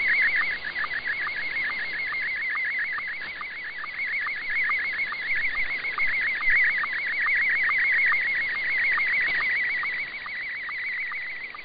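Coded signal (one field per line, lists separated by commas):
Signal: SSTV (slow-scan television)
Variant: Scottie 1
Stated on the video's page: SSTV received via HAARP on 6900 kHz AM, with much better reception than the previous night.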